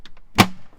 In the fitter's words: You'll hear it click just like that, okay?